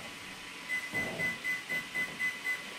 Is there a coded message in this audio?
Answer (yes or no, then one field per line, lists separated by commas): no